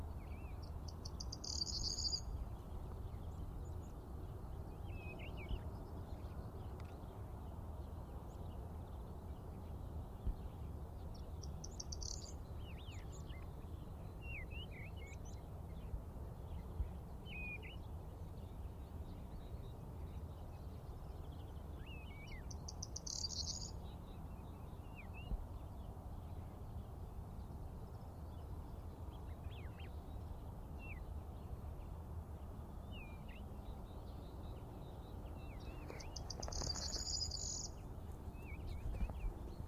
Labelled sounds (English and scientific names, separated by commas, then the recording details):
Corn Bunting (Emberiza calandra) song
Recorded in the wild
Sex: male
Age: adult
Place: Charlottenhof, Mecklenburgische Seenplatte, Mecklenburg-Vorpommern, DE
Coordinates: 53.5158, 12.0858
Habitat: meadowland
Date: 2010-04-08
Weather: heiter, 10°C, windstill
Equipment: Sound Devices 702, Sennheiser MKH 70, Rycote Windschutz
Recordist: Frommolt, Karl-Heinz